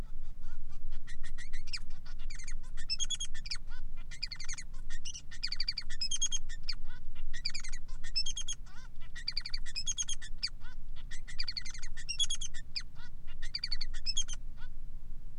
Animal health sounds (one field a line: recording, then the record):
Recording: song of a male Bengalese finch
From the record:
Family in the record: son of father 3